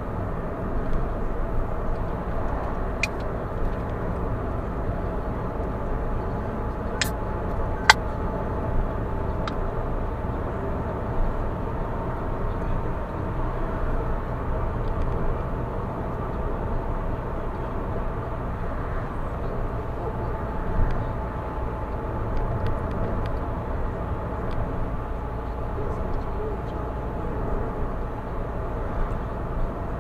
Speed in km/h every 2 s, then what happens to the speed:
77, 79, 80, 82, 84, 87, 87, 86, 85, 84, 82, 81, 80, 80, 80.
0-10 speeds up to 87. 10-30 slows to 80.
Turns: none.